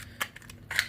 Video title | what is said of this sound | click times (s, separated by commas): A look at my first ever #hotwheels track fleet. #subscribe #diecastcars #toycollector #hotwheelstoys | that actually locks into place. | 0.8 s